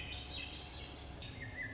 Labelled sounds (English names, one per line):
Swainson's Thrush